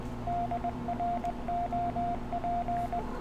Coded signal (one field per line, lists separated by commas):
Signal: Morse code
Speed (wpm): 20 wpm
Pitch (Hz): 700 Hz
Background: radio noise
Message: DROP